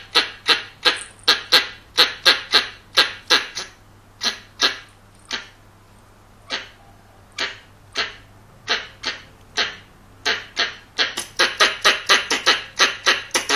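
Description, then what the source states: Squirrel call bout: rapid harsh chips that slow to spaced single barks midway, then speed up again into a dense chatter at the end. Young male squirrel.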